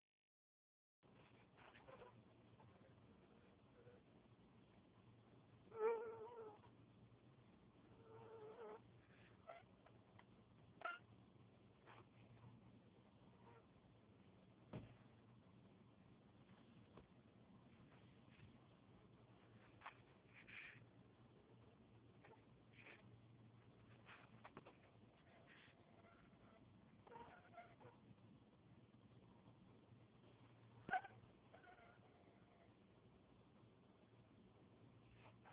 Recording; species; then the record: mosquito flight sound by mobile phone; Anopheles albimanus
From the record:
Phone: Huawei 866C